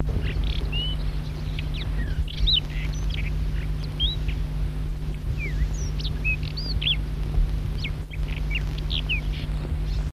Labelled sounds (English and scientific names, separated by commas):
Sabota Lark (Calendulauda sabota) song